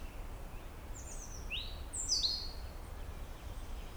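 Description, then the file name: European robin song: a few thin, high warbled phrases with sliding and descending notes around the middle, over steady low rumbling background noise. "Erithacus rubecula"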